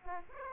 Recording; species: mosquito wingbeat signal from an infrared sensor; Aedes aegypti